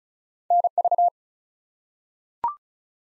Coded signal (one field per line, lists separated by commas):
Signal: Morse code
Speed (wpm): 36 wpm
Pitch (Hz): 700 Hz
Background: none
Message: NV